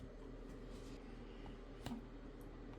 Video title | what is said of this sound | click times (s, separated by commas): Huge Restoration - IBM ThinkPad 701C Butterfly Keyboard Laptop | all right I got the right side engaged but not quite the left side | 1.9 s